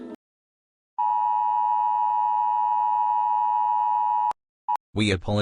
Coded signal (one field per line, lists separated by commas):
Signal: Emergency Alert System (SAME) tones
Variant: 853 and 960 Hz attention tone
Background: speech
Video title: [EAS Scenario] If the Locust Horde was Real (Part 6)